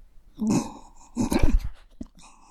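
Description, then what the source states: Dog growling and snarling in two harsh, rough bursts, followed by a brief low grunt. Attacking dog.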